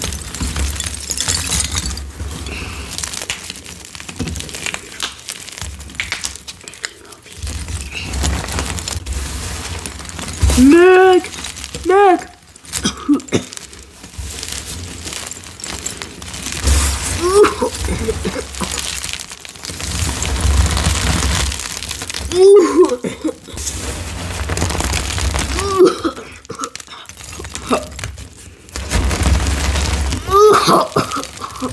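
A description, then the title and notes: Uneven crunching and chopping of glassy material runs throughout, with children's voices chiming in near 11, 17, 22 and 31 seconds. Chopping, Glassy Crushing with Kids. Satisfying dyed gym chalk chopping with kids asmr.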